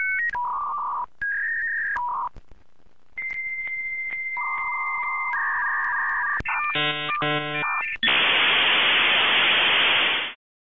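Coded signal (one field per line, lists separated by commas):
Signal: dial-up modem handshake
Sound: dial tones and steady answer tone, warbling chirps, then loud rushing hiss before cutting off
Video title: Dial Up Internet Sound Effect HD No copyright ...sound effect LNC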